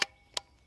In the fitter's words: and then locks back into place.